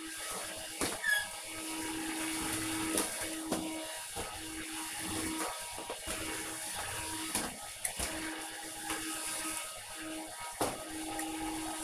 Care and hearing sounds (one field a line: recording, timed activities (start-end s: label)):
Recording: household activities, microphone on the right wrist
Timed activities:
0.00-11.83 s: vacuum cleaning